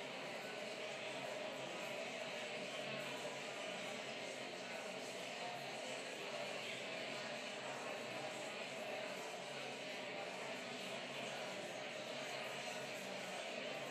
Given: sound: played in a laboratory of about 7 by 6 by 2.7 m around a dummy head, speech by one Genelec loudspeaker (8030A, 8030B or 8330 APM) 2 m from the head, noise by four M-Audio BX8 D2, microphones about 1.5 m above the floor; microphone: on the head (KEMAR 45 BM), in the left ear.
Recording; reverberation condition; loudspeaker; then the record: babble noise; high; four, about 170 cm from the corners of the room and facing them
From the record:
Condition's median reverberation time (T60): about 1300 ms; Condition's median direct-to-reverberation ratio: about -4.0 dB